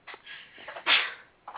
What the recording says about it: My wife's having a sneezing fit behind me here.